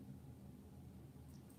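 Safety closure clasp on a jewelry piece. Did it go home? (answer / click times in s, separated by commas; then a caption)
no / none. Someone tries to close the small metal safety closure clasp on a piece of jewelry, but it fails to snap shut. Only a steady low hum with faint high tones near the end is heard, and the clasp has not snapped yet.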